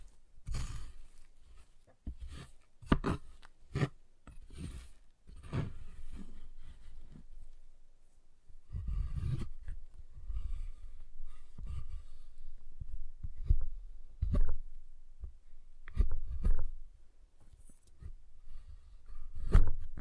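Tapping, cutting and snapping on a giant chocolate bar, heard as sharp, irregular knocks and cracks scattered through the whole stretch. Some hits come in quick bursts, others alone with short quiet gaps between, and a few land with a heavier low thud.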